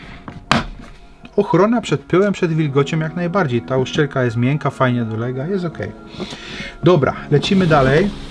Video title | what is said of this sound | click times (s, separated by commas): NOWOŚĆ!!! Qbrick System PRO pierwsze spojrzenie [4K] | mamy zapięcie które nam kliknie ale ochrona | 0.5 s